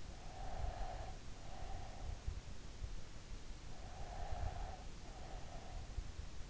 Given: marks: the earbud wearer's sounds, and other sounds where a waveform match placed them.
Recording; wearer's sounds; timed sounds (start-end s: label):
sounds in sleep by an in-ear microphone; breath
0.25-2.08 s: breath
3.96-5.96 s: breath